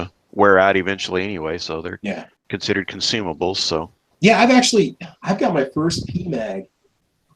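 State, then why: Not seated. Someone talks while a worn polymer rifle magazine is pushed into the magazine well of an AR-15 lower receiver. The magazine does not latch, apparently because its catch tabs are worn, and nothing has clicked or locked into place.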